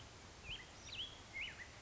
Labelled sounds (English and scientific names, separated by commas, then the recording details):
Black-headed Grosbeak (Pheucticus melanocephalus)
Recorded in Sonoma County, California